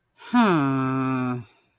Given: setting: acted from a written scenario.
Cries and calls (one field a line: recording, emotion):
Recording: vocal sound without words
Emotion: disappointment